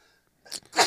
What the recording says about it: When I blow vape smoke out of my nose, it tends to make me sneeze.